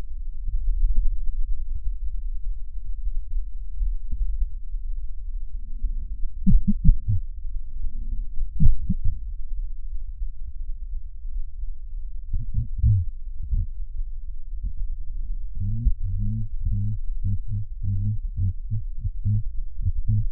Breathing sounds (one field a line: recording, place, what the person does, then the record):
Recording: lung sounds by stethoscope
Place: left posterior apical chest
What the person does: quiet breathing, then cough and speech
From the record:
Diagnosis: none (healthy)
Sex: male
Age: 29 years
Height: 180 cm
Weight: 100 kg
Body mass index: 30.9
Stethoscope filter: bell mode